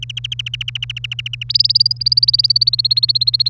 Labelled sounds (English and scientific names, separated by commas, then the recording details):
Domestic Canary (Serinus canaria) song
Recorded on 1 May 2018 at 06:08
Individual llb3